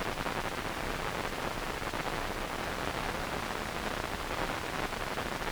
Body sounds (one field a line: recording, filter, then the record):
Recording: brain microelectrode recording played as sound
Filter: wide band, above 20 Hz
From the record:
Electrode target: subthalamic nucleus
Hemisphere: right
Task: reaching with the left hand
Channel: 2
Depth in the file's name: 5.102 mm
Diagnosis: Parkinson's disease